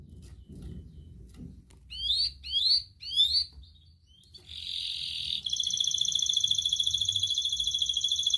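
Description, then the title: Atlantic canary song: three quick sweeping notes in a row, then a buzzy trill that changes into a fast, ringing, steady trill to the end. Kenari described as gacor (actively singing), with the best cengkok (song phrasing) and the most lavish isian (fill-in song); kicaumania songbird hobby context. "Kenari Gacor Cengkok Terbaik Isian Paling Mewah Kenarigacor Kicaumania Kenari"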